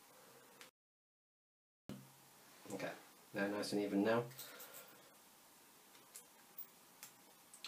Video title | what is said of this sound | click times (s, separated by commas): How To Make a Death Note Keyring. | they fit inside nicely, and the clasp locks in place. | 7.5 s, 7.6 s